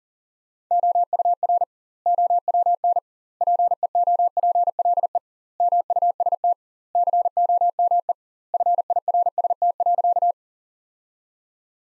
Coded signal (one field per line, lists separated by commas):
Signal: Morse code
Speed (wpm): 40 wpm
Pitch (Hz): 700 Hz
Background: none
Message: OUR OWN PEOPLE MUST COME FIRST.